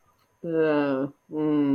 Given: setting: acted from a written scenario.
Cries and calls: vocal sound without words; contempt

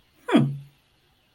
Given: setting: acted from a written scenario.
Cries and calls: vocal sound without words; pride

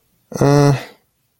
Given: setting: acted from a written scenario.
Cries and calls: vocal sound without words; neutral

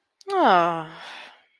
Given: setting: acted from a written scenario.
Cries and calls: vocal sound without words; contentment

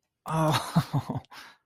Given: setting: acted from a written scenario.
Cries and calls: vocal sound without words; pain

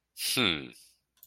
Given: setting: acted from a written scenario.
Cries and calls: vocal sound without words; anger

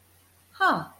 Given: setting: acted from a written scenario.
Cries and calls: vocal sound without words; interest

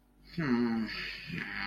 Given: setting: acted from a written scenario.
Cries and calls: vocal sound without words; distress

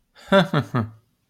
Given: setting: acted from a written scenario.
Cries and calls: vocal sound without words; embarrassment

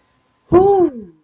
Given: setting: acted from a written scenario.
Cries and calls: vocal sound without words; relief

